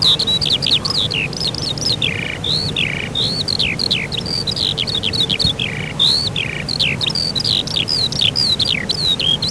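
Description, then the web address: Eurasian skylark singing a continuous run of bright, twittering notes, many sliding up or down, delivered rapidly without pause, with a soft low rumble underneath. Recorded in spring. "vremena vesna polevoi zavoronok"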